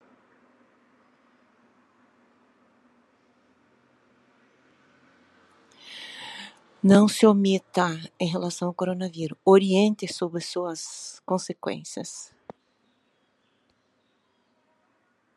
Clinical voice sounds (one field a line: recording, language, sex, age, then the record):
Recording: spoken sentence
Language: Brazilian Portuguese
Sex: female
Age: 60 to 69 years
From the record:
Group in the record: control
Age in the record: 63 years